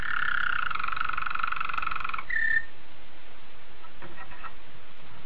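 Domestic canary song: a rich rolling trill for about two seconds, then a short whistled note, followed by quiet with a few faint, soft notes.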